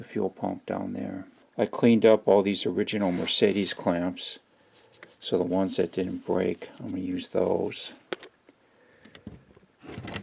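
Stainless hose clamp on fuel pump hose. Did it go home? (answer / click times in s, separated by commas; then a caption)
no / none. Someone talks while handling a cleaned original Mercedes stainless spring hose clamp being fitted over a fuel hose at the fuel pump of a Mercedes-Benz W126 S-Class; the clamps that didn't break are being reused. After the talking, a few short sharp metallic ticks are heard near the end, but nothing has seated or clicked yet.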